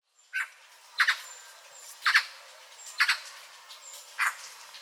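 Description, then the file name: Eurasian magpie giving harsh, raspy single and double notes about once a second, with faint high thin whistles from other birds behind. "Pica pica"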